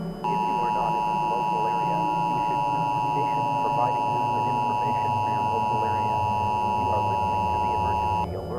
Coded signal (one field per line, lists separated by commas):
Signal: Emergency Alert System (SAME) tones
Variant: 853 and 960 Hz attention tone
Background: speech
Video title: Deleted Scene From Foxy Rates EAS Alarms Part 8 That Didnt Make The Cut